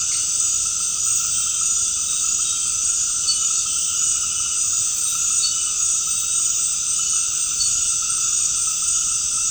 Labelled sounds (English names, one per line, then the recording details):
none
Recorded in secondary vegetation near Puerto Asís, Putumayo, Colombia, on 8 March 2025 at 19:00
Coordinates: 0.502, -76.326
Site G100